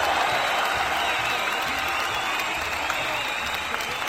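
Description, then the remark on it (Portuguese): A dense, steady burst of applause from many hands for the first winner of a contest, sustained at an even level for about four seconds with a faint crowd murmur underneath. “E temos o primeiro vencedor! Palmas para ele!”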